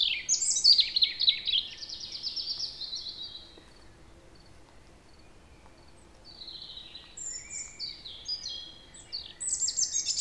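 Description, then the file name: European robin delivering a rich, high tumbling phrase of trills and whistles, falling silent for a few seconds, then resuming with thin, scattered notes and a final flourish. "Erithacus rubecula"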